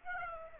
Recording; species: mosquito wingbeat signal from an infrared sensor; Aedes aegypti